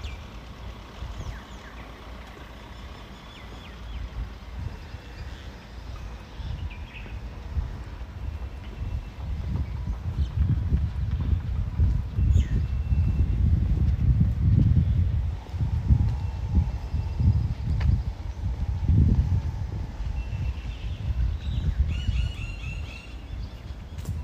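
Walking in Ramat Aviv, Israel: a low traffic rumble that swells and peaks around 10 to 20 seconds, with faint bird chirps above.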